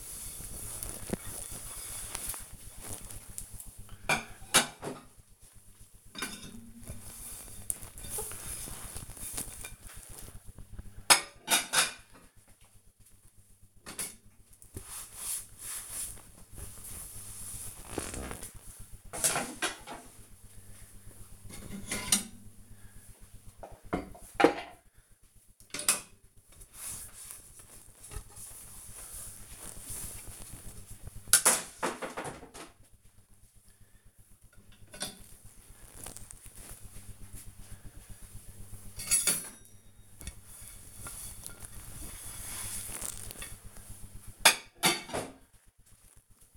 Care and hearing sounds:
household activities, microphone on the right wrist
0.00-46.57 s: cleaning out the dishwasher

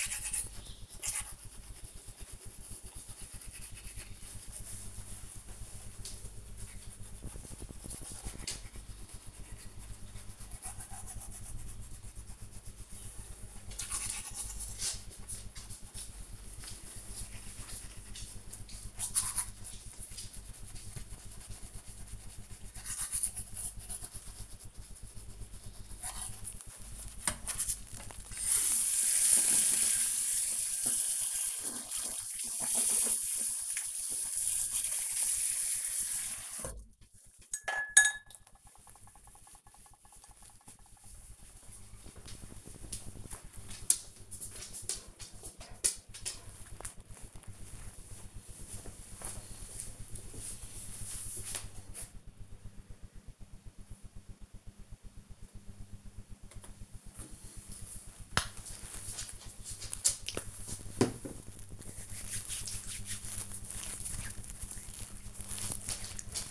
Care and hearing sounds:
household activities, microphone on the right wrist
0.00-38.09 s: brushing teeth
56.23-66.50 s: cream hands

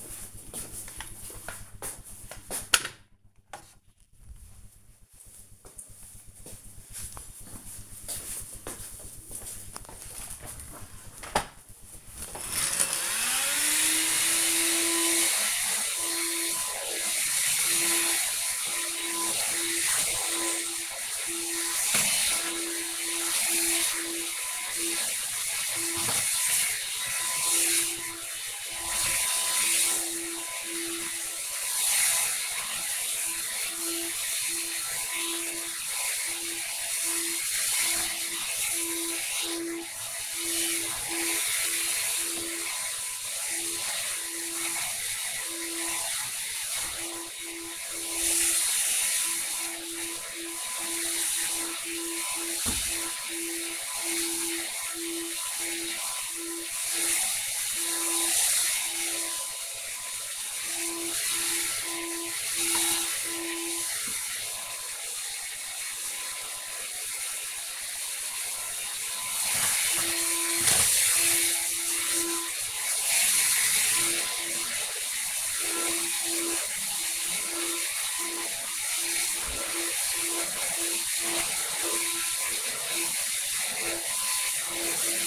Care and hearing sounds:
household activities, microphone on the right wrist
10.61-85.27 s: vacuum cleaning

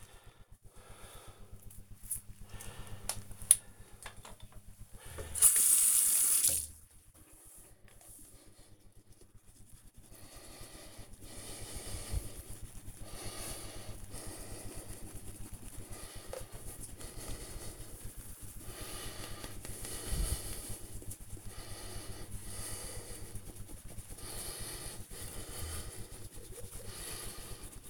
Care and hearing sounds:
household activities, microphone on the right wrist
0.00-27.90 s: brushing teeth

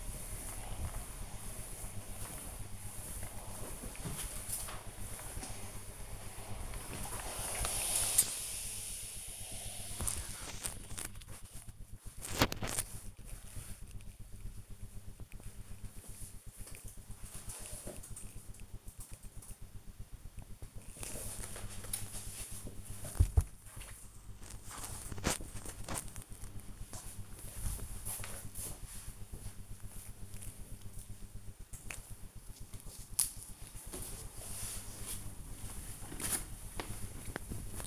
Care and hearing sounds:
household activities, microphone on the right wrist
0.00-15.67 s: ironing laundry
19.70-29.72 s: folding laundry
32.72-37.87 s: ironing laundry

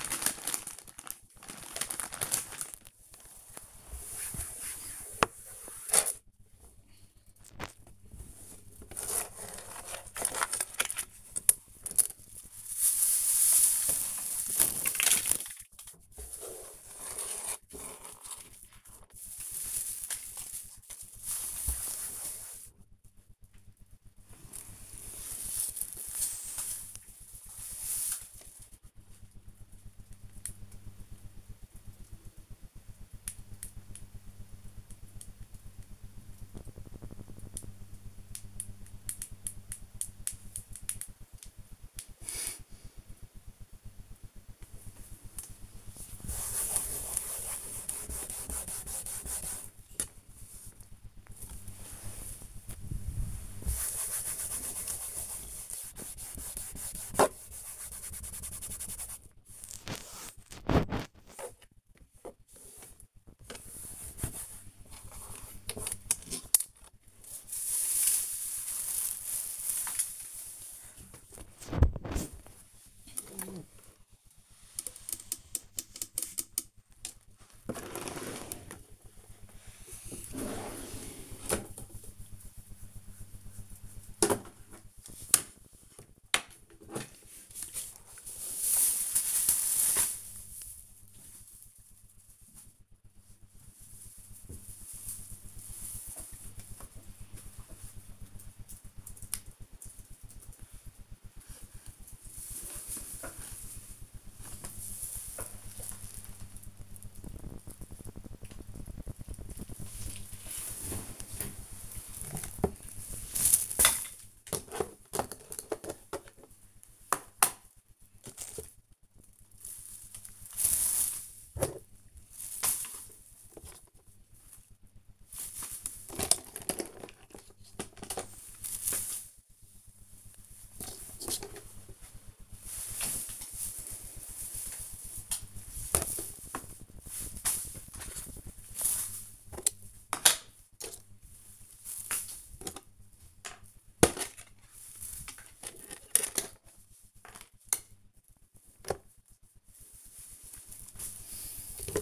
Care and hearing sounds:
household activities, microphone on the right wrist
0.00-101.38 s: tidy up the cupboard
113.45-152.02 s: tidy up the cupboard

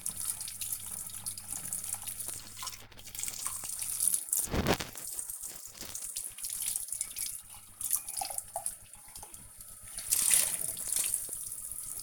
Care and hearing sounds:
household activities, microphone on the right wrist
0.00-12.03 s: washing dishes

